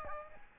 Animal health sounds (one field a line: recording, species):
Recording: mosquito wingbeat signal from an infrared sensor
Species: Aedes aegypti